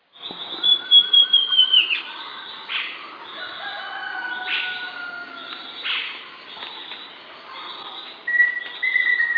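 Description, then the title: Southern Chestnut-tailed Antbird calling: a fast series of high whistled notes sliding gently downward, then quieter sounds, and another short series near the end. Subspecies hemimelaena, assumed from the recording location. "LuckyPassaro Completos2Sama. Southern Chestnut-tailed Antbird (Myrmeciza hemimelaena hemimelaena (ssp asumed from location))"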